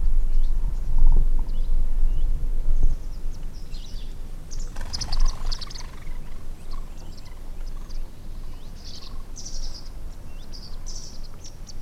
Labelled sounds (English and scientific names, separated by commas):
White Wagtail (Motacilla alba)